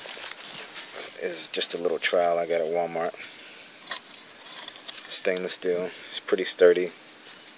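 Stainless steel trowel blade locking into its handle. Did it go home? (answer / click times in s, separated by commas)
no / none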